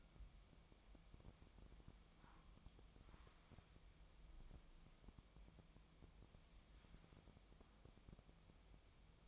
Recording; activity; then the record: daily activity, microphone in the room; wipe stove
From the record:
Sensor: 1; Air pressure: 1004.8 hPa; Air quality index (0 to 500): 84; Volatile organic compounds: 2 ppm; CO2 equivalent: 1140 ppm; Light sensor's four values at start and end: 9/22/9/9 and 9/23/9/9